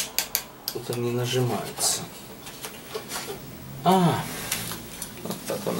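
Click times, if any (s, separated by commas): 4.5 s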